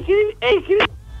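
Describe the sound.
A voice imitates a telephone line tone after hang-up: three short, steady, buzzy hums with slightly sliding pitch, followed by a brief breathy hiss, then silence.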